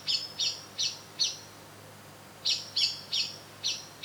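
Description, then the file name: Eurasian blackbird repeating sharp, high chink notes in two runs, four and then several more, split by a short silent gap. "Turdus merula"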